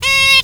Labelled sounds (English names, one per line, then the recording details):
Zebra Finch distance call
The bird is a female
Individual fem9